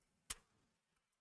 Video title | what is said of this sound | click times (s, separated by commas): Enermax StarryFort case with AquaFusion 240mm AIO AsRock H370 Performance Fata1ity | a there's a click yeah there you go look at that it's almost like i've done that before shazam | 0.3 s